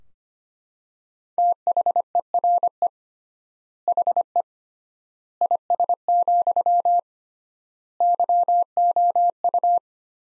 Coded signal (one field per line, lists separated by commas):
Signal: Morse code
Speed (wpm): 25 wpm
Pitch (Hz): 700 Hz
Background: none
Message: THERE HE IS, YOU